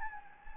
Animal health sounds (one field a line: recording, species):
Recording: mosquito wingbeat signal from an infrared sensor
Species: Anopheles gambiae